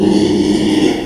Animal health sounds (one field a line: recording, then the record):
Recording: squeal of a Yucatan mini pig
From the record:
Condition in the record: after surgery on the right vocal fold (resection and tissue-engineered implant)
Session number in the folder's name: 2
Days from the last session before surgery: 13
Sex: male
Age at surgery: 12 weeks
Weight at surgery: 13 kg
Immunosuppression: cyclosporine, prednisolone